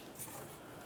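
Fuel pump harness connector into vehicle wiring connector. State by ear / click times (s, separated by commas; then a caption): not seated / none. The fuel pump harness connector of a 1994-2002 Dodge Ram 2500 is handled as it is pressed toward the vehicle wiring connector during fuel level sensor replacement. Only a steady, broadband hiss with faint low rumbling is heard, with no distinct transients. Nothing has seated or clicked yet, and the red locking tab is not yet locked.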